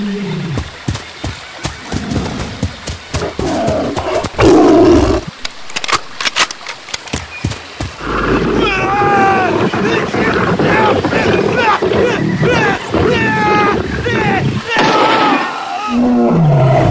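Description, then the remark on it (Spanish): A tiger roars and snarls in a loud, rough burst while attacking a giant tortoise on a riverbank, with growls rising and falling over a rushing, windy background and a few sharp thuds. “Lejos, a la orilla del río, vio a un tigre atacando a una tortuga gigante.”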